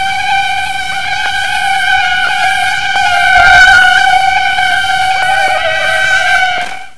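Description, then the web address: Insect buzzing, a continuous nasal whine with strong overtones, pitch wobbling gently, growing louder midway then fading out at the close. "昆虫声音素材"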